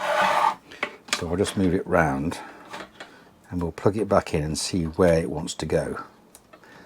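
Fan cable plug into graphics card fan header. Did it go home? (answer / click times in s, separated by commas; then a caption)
yes / 6.3 s. Someone talks while the small plastic cable plug of a replacement fan is moved around and pushed back into its header on the board of an ASUS RTX 3060 graphics card, with rubbing and handling noises along the way. A small click is heard at 6.4 s as the fan connector seats in its header.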